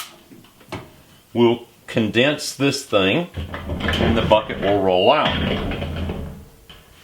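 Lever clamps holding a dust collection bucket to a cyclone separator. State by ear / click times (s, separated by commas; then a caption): released / 0.5 s, 0.7 s. Both lever latches clamping the dust collection bucket under a JDS cyclone separator are flipped up, giving two sharp clicks at 0.5 s and 0.7 s, one per lever. This releases the bucket so it can be lowered and rolled out, and someone talks afterward.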